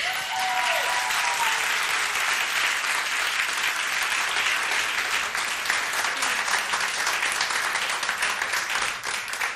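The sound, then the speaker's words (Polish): A crowd applauds steadily for about ten seconds to welcome a singer on Polish Radio Three (Trójka), a dense, even patter of many hands clapping at a constant loud level, with a brief raised voice at the very start. “Także wielkie brawa, zapraszam”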